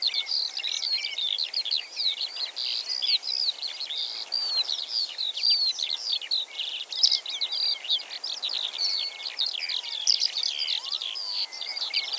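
Eurasian skylark singing a long unbroken torrent of quick, high twittering and buzzy trills, varied notes tumbling on without a break amid soft outdoor hiss.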